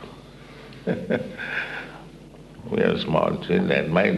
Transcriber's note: laughs